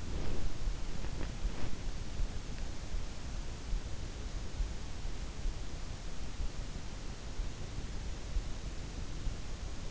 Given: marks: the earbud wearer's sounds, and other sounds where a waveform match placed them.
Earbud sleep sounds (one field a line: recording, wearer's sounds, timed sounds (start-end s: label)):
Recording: sounds in sleep by an in-ear microphone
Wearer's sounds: breath, body movement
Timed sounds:
0.00-0.57 s: breath
0.84-1.83 s: body movement